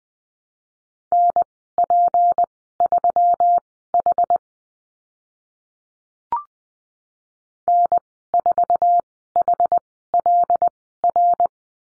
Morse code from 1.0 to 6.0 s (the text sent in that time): NP3H